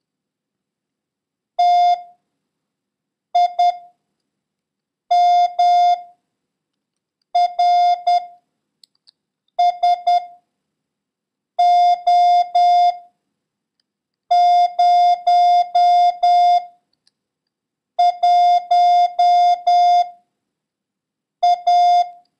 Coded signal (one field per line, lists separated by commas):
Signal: Morse code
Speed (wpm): 10 wpm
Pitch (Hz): 710 Hz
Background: none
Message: T I M R S O 0 1 A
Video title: International Morse Code: Lesson 8